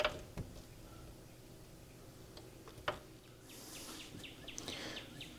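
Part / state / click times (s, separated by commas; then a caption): upper window sash into the upper jamb of the window frame / not seated / none. The upper sash of a tilt-in window is pushed up into the frame, toward the upper jamb, after an Andersen Narroline conversion kit is fitted. Dull thunks land near 0.0, 0.4 and 2.9 s, with bird chirps in the background from about 3.5 s. The sash has not seated against the upper jamb, which is put down to the jamb being warped in the center.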